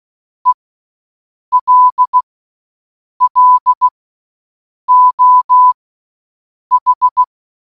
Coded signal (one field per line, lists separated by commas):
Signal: Morse code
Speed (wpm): 16 wpm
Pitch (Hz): 1000 Hz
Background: none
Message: ELLO H